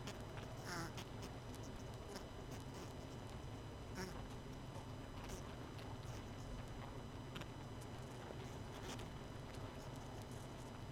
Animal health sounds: honeybee colony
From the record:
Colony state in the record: missing queen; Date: 31 May 2018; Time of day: 22:20

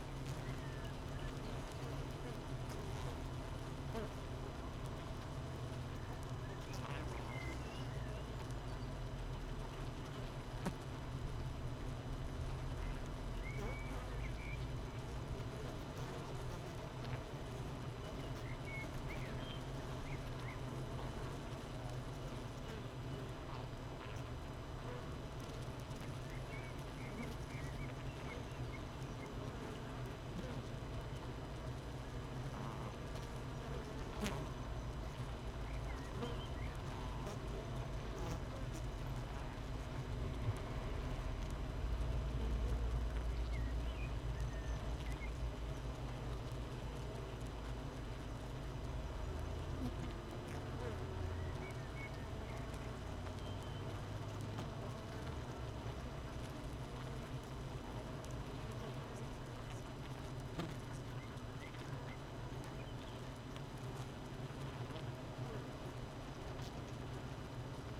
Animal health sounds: honeybee colony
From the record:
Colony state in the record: missing queen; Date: 31 May 2018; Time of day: 7:36

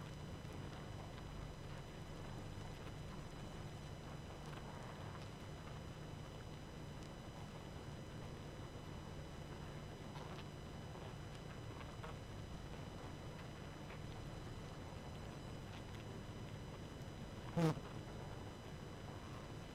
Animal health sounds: honeybee colony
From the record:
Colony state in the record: active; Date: 12 June 2018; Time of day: 23:55

